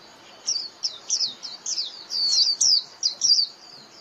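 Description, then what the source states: White-eye calls: a series of high, thin, downward-slurred notes, some doubled. Lure call (mồi) of a white-eye, used for trapping.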